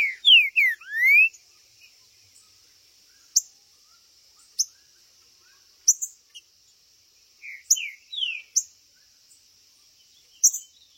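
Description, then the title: Green-winged saltator song: a quick run of loud slurred whistles, some rising and some falling, repeated near the end, with scattered soft chips and a steady high insect hum. Trinca-ferro chirping, singing and macheando (territorial male calling) in a contest; video intended to stir up and provoke a listening trinca-ferro. "Esse É PERFEITO Para ESQUENTAR Seu TRINCA Piando, Cantando E Macheando Na DISPUTA. O MELHOR VÍDEO de TRINCA FERRO que VOCÊ VERÁ em 2025! Cantando e MACHEANDO!!"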